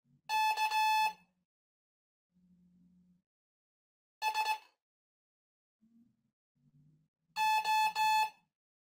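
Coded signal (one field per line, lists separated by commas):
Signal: Morse code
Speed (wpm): 16 wpm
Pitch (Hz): 870 Hz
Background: none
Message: K S O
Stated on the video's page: Spanish Morse telegraphy course lesson 5 introducing letters S and O, with review and mixed dictation drills.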